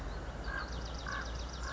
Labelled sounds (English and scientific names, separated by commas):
Common Raven (Corvus corax)